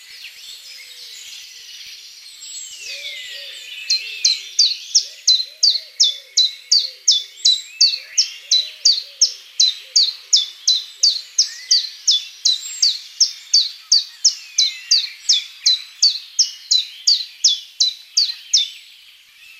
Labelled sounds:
Common Chiffchaff song
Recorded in the wild
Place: Lilienhof / Kaiserstuhl, Baden-Württemberg, DE
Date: 2003-03-29
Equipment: MiniDisc Sharp MT 20 H, Sennheiser MKH 816
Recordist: Schwarz, Dieter
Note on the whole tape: Song

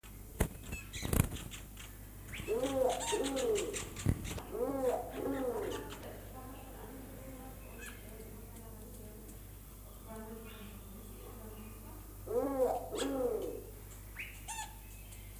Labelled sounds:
Wompoo Fruit Dove call
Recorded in captivity
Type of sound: call
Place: Zoo Berlin, Berlin, DE
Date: 2004-05-24 15:24
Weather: overcast, 13°C
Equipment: Sony WM-D6C, Sennheiser ME 80, Kopie Uher 4000 Report Monitor
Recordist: Tembrock, Günter
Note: Kleinere Exemplare: drei Doppellaute mit Kopfbeuge (Entfernung ca. 5 m)

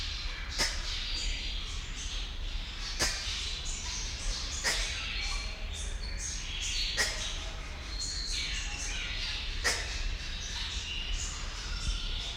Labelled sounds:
Double-toothed Barbet call
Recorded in captivity
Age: adult
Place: Zoo Berlin, Berlin, DE
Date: 1992-12-25
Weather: heiter, -7°C
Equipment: Marantz CP 430, Sennheiser ME 80, Kopie Uher Variocord 263
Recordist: Tembrock, Günter

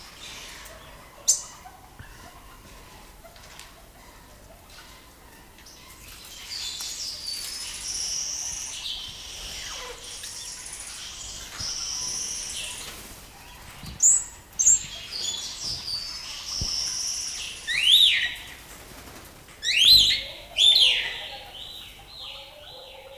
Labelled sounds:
Black-winged Red Bishop
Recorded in captivity
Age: adult
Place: Zoo Berlin, Berlin, DE
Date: 1997-11-22 12:35
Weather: overcast, ca.1°C
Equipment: Nagra SN, Kopie Uher 4000 Report Monitor
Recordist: Tembrock, Günter

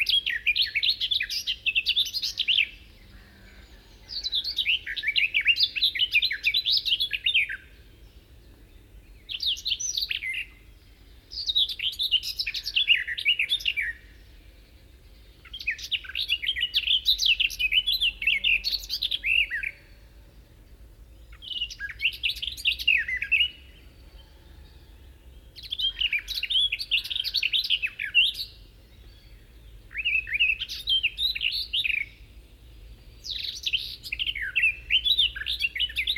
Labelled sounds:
Garden Warbler song
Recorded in the wild
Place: Putbus, Insel Rügen, Mecklenburg-Vorpommern, DE
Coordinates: 54.355, 13.467
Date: 1971-05-27
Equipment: Nagra III BH, Sennheiser MD 21, parabola
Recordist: Schubert, Michael

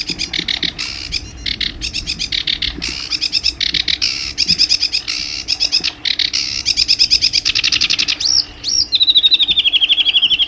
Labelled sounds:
Sedge Warbler song
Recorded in the wild
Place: Illmitz, AT
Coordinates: 47.7622, 16.8036
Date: 1972-05-02
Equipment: Uher Report 4200, AKG D190C in Doppel-Parabolreflektor
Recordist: Krey, Winfried

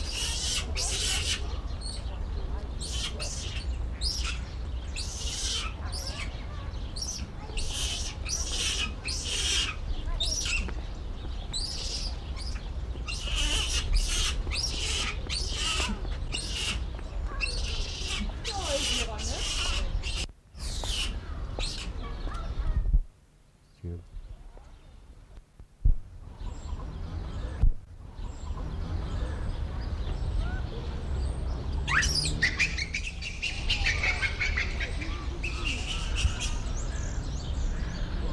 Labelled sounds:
Japanese Macaque
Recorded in captivity
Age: juvenile
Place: Zoo Berlin, Berlin, DE
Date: 1994-03-12 11:10
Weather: leichter Regen, 7°C
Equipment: Marantz CP 430, Sennheiser ME 80, Kopie Uher Variocord 263
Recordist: Tembrock, Günter

